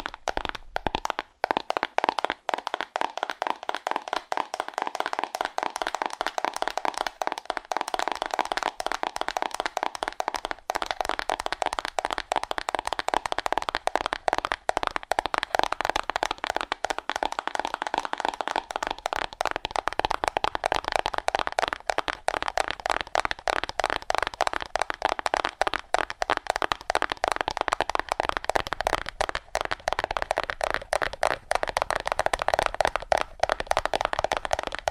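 Fast, aggressive tapping on cardboard, a dense, steady stream of sharp dry hits that grows busier and slightly louder after about twenty seconds.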